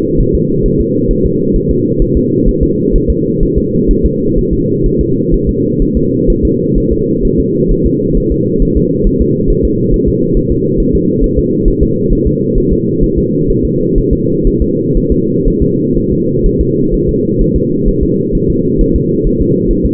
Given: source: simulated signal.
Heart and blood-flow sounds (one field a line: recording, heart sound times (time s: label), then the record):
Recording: fetal heart sounds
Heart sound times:
0.21 s: S1
0.35 s: S2
0.66 s: S1
0.81 s: S2
1.11 s: S1
1.26 s: S2
1.56 s: S1
1.71 s: S2
2.02 s: S1
2.17 s: S2
2.49 s: S1
2.63 s: S2
2.96 s: S1
3.10 s: S2
3.43 s: S1
3.58 s: S2
3.91 s: S1
4.06 s: S2
4.38 s: S1
4.53 s: S2
4.86 s: S1
5.01 s: S2
5.34 s: S1
5.49 s: S2
5.82 s: S1
5.97 s: S2
6.30 s: S1
6.45 s: S2
6.78 s: S1
6.93 s: S2
7.25 s: S1
7.40 s: S2
7.72 s: S1
7.86 s: S2
8.17 s: S1
8.32 s: S2
8.62 s: S1
8.77 s: S2
9.07 s: S1
9.22 s: S2
9.50 s: S1
9.65 s: S2
9.94 s: S1
10.09 s: S2
10.37 s: S1
10.52 s: S2
10.80 s: S1
10.95 s: S2
11.24 s: S1
11.39 s: S2
11.68 s: S1
11.83 s: S2
12.13 s: S1
12.27 s: S2
12.58 s: S1
12.72 s: S2
13.04 s: S1
13.18 s: S2
13.50 s: S1
13.65 s: S2
13.98 s: S1
14.13 s: S2
14.47 s: S1
14.62 s: S2
14.97 s: S1
15.12 s: S2
15.48 s: S1
15.62 s: S2
15.97 s: S1
16.12 s: S2
16.46 s: S1
16.61 s: S2
16.94 s: S1
17.09 s: S2
17.41 s: S1
17.56 s: S2
17.88 s: S1
18.03 s: S2
18.35 s: S1
18.50 s: S2
18.81 s: S1
18.96 s: S2
19.27 s: S1
19.41 s: S2
19.71 s: S1
19.85 s: S2
From the record:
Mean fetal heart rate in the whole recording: 130 bpm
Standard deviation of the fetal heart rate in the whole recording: 4 bpm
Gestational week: 38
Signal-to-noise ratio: -11.2 dB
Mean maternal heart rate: 72 bpm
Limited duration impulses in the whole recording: present